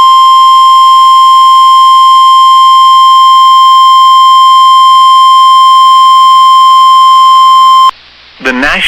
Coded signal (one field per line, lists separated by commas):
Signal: Emergency Alert System (SAME) tones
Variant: 1050 Hz attention tone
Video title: [EAS Compilation] Severe Thunderstorm Warnings With on NOAA Weather Radio WXM99 August 28 2022